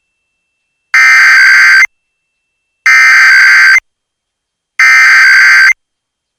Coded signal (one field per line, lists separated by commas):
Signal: Emergency Alert System (SAME) tones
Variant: header bursts